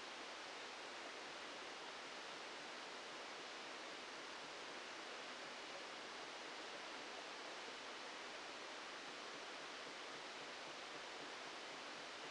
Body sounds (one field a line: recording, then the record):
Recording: brain microelectrode recording played as sound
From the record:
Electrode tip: outside the subthalamic nucleus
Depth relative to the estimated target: -3 mm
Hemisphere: left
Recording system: NeuroSet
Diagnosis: Parkinson's disease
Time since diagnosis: 14 years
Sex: male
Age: 51 years